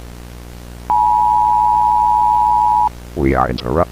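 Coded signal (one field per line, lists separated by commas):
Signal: Emergency Alert System (SAME) tones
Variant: 853 and 960 Hz attention tone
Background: speech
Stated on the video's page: Fictional found-footage recreation tied to a film, not a real alert.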